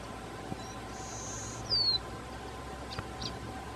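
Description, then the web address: Copper seedeater call: a faint high thin whistle, then one bright, quick downslurred whistle, followed by two soft clicks against a quiet steady hiss. "Copper seedeater. صدای-پرنده-دانه-خوار-مسی"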